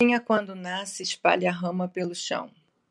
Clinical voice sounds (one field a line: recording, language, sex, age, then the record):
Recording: short text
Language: Brazilian Portuguese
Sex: female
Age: 50 to 59 years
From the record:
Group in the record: control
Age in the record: 54 years